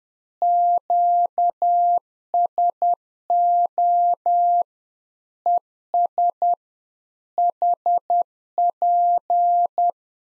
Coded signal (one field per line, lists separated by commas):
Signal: Morse code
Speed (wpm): 10 wpm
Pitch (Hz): 700 Hz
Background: none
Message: QSO ES HP